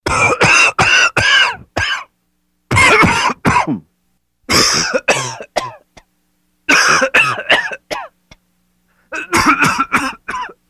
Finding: Coughing solo.